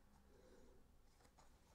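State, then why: Not seated. A RAM module is lined up by hand with the memory slot of a Lenovo ThinkPad P17 Gen 2 laptop so its notch matches the key pin in the slot, before being pressed home. Soft rubbing and scraping handling sounds are heard throughout. Nothing has seated or clicked yet.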